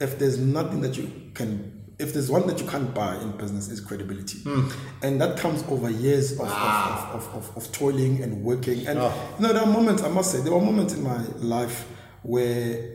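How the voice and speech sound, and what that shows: Adult male speaker who has stammered since a very young age, talking in very fast, 'fast forward mode' speech, which he finds easier to stammer in. He runs over his words and sometimes misses words, with a rapid repetition of 'of'. Stuttering, which he regards as a disability.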